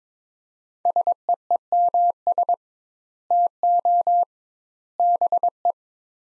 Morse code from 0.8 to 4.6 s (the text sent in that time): SEEMS TO